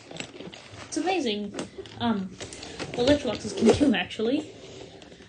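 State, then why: Seated. The filter of a vintage Electrolux Ambassador 338 vacuum cleaner is pressed onto the two big mounting pins in the housing, after its two smaller pins have slid into their pin holes. Two sharp, short clicks at 0.2 s and 0.5 s show the filter seating in place. Someone then talks for the rest of the clip.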